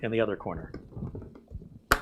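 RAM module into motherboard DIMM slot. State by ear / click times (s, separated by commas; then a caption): seated / 1.9 s. A second RAM module is pushed down into a motherboard DIMM slot, first one corner and then the other, while someone talks. A few faint taps come as it is pressed. At 1.9 s the latch snaps with one sharp, loud click, and the module is seated.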